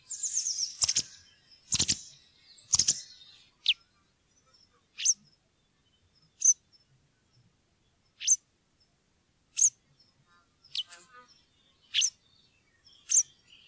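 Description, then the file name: White wagtail: a few loud twittered notes, then single high, clipped chirps spaced more than a second apart. "linerle"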